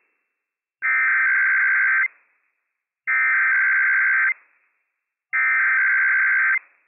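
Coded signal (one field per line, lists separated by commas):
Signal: Emergency Alert System (SAME) tones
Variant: header bursts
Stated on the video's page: Required Weekly Test tones from weather radio station WWF56, issued by civil authorities for California, Nevada, Oregon and Washington; operational EAS tones.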